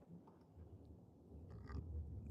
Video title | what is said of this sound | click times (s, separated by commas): ￼ Yamaha R1 freshly painted fairings installation | didn't click but held I should have used this original one let's try that damn it | none